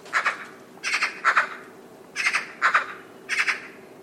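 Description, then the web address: Bird calls: harsh, scratchy notes given mostly in pairs, six groups over four seconds, with steady background hiss. "cianscape birddata Deverinetal 2025"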